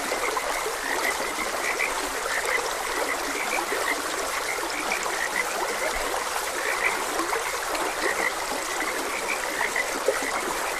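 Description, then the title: Many frogs give short, bright chirps throughout, partly masked by the steady babble of a stream. Frogs croaking beside a gentle stream. "Gentle Stream and Frogs Croaking"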